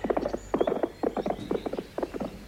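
The hooves of two horses, ridden by a woman and a man, clip-clop in a steady, repeating rhythm, the hollow knocks falling in quick clusters of three or four beats, moderately loud over a low rumble, with no one speaking.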